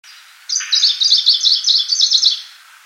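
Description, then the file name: Icterine warbler song: a quick two-second run of high, chattering notes repeated in a rapid, slightly varied series, with a sharper note at the start and a quiet background. "peresmeshka zelenaja"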